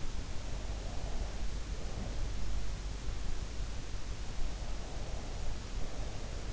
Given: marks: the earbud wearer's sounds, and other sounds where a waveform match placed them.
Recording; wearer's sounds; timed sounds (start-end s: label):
sounds in sleep by an in-ear microphone; breath
0.56-2.52 s: breath